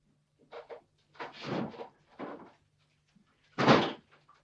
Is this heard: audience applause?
no